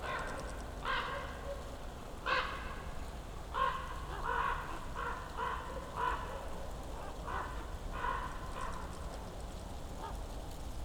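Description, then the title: Common ravens giving repeated harsh croaking calls over a steady low rumble of background noise. Ravens circling over the mountain slope for a dozen or so minutes, recorded crouching among young beeches, Patnik, Goworów, Poland, New Year's walk; Zoom F4, AT BP4025. "Patnik mountain side, Goworów, Poland - Circling ravens"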